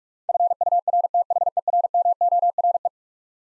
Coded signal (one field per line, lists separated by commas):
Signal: Morse code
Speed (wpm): 42 wpm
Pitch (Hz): 700 Hz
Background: none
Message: FURTHERMORE